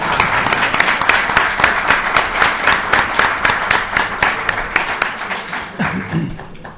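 An audience applauds with steady, dense clapping that continues for several seconds at a fairly loud level, then begins to thin out toward the end.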